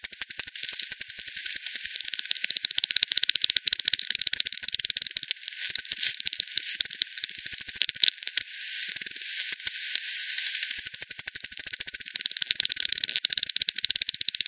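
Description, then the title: Long runs of bat echolocation clicks from several animals, dense buzzing stretches, a short quieter gap, then fast regular ticking again. Multiple bats at Hogsmill River, Hogsmill Lane, 7 October 2020, 18:10; bat-detector recording frequency-divided by 10, band-pass filtered and resampled. "WW bat 20201007 T 18 : 10 Z-Hogsmill-Lane-Hogsmill-River-multiple-bats"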